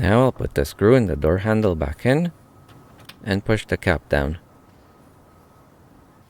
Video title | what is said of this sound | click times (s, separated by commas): Toyota Corolla Rear Door Panel Removal 2014, 2015, 2016, 2017, 2018, 2019 | the cap didn't click in so i pulled it out and i'm gonna bend this tab out a little bit gently | none